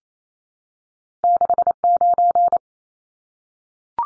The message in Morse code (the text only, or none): 69